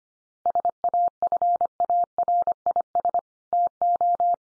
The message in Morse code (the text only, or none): SAFARIS TO